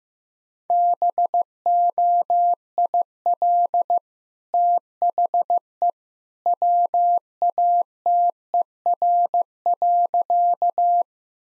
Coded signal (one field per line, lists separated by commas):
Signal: Morse code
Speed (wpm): 16 wpm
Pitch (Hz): 700 Hz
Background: none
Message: BOIL THE WATER.